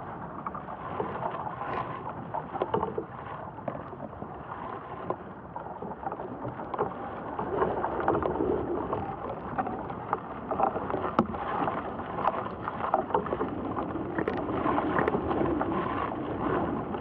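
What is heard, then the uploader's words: Sound from inside an ash tree: a dense, steady rustling and creaking murmur, low and muffled, with occasional sharper clicks throughout. The interior sound world of ash trees, Fraxinus excelsior .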